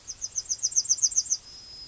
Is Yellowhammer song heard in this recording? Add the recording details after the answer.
yes. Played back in grassland. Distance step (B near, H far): E. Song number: 012